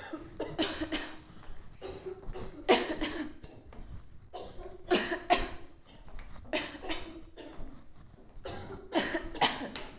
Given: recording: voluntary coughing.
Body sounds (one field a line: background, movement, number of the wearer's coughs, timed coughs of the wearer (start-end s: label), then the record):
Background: a bystander coughing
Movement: walking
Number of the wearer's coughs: 10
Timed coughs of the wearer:
0.53-0.88 s: cough
0.88-1.17 s: cough
2.56-2.97 s: cough
2.97-3.27 s: cough
4.83-5.18 s: cough
5.29-5.54 s: cough
6.44-6.78 s: cough
6.83-7.15 s: cough
8.88-9.23 s: cough
9.41-9.73 s: cough
From the record:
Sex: female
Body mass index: 18.3 kg/m2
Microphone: on the chest, facing outward